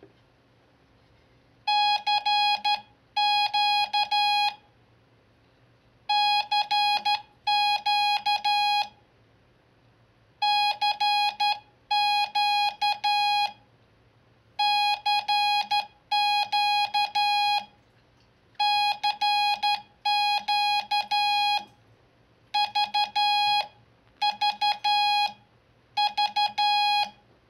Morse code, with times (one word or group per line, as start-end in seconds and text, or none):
1.7-4.5 CQ
6.1-8.8 CQ
10.4-13.5 CQ
14.6-17.6 CQ
18.6-21.6 CQ
22.5-27.0 VVV